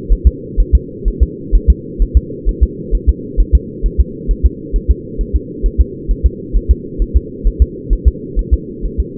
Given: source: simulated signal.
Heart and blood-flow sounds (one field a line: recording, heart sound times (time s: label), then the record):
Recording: fetal heart sounds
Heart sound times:
0.12 s: S1
0.27 s: S2
0.60 s: S1
0.75 s: S2
1.08 s: S1
1.23 s: S2
1.55 s: S1
1.70 s: S2
2.02 s: S1
2.17 s: S2
2.49 s: S1
2.63 s: S2
2.95 s: S1
3.09 s: S2
3.40 s: S1
3.55 s: S2
3.86 s: S1
4.00 s: S2
4.31 s: S1
4.46 s: S2
4.76 s: S1
4.91 s: S2
5.21 s: S1
5.36 s: S2
5.66 s: S1
5.81 s: S2
6.11 s: S1
6.26 s: S2
6.56 s: S1
6.71 s: S2
7.02 s: S1
7.17 s: S2
7.47 s: S1
7.62 s: S2
7.93 s: S1
8.08 s: S2
8.39 s: S1
8.54 s: S2
8.85 s: S1
9.00 s: S2
From the record:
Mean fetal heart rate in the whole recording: 130 bpm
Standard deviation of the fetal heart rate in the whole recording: 2 bpm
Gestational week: 36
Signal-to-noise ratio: -4.1 dB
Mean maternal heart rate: no maternal heart sound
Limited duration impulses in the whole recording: absent